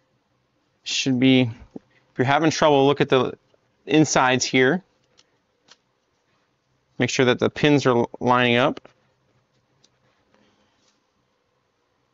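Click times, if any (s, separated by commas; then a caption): none. Two plastic halves of a filament spool adapter ring are lined up by their pins on a filament spool before being pushed together. Someone talks in two stretches, with faint brief ticks near 5.0, 5.2, 5.7, 9.9 and 10.3 seconds. The halves have not clicked or seated yet.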